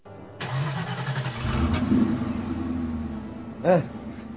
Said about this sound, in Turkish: Hadi çalıştır bakalım kamyonu.